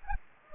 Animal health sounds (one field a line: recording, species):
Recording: mosquito wingbeat signal from an infrared sensor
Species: Anopheles gambiae